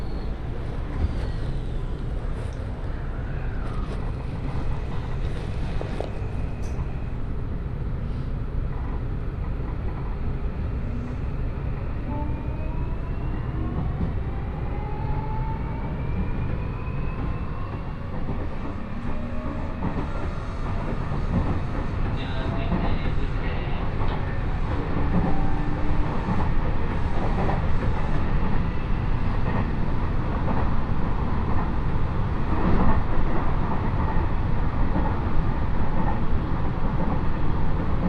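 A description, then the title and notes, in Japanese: A local train on the Hanshin line runs along with a steady, dense low rumble and rattle throughout. Gliding pitched whines rise and fall across the middle, and the roar swells slightly louder in the final stretch, with occasional clunks from the rails. 鉄道旅 大物→梅田→蛍池→大阪空港。大物から阪神本線の普通電車で梅田に向かい、阪急宝塚線に乗り換えて蛍池に向かいます。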